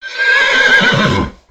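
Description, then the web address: Horse whinnying, a loud, harmonic neigh held for about a second with a wavering tone, fading out at the end. "Daddy Chronic soundarchiv entry 10 horse"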